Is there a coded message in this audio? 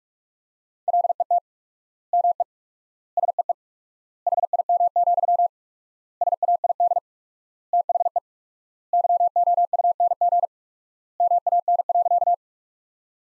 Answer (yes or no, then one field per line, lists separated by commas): yes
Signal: Morse code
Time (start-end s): 0.9-12.3 s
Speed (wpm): 46 wpm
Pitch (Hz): 700 Hz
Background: none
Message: LET ME SEE HIM, SAID THE YOUNG MAN.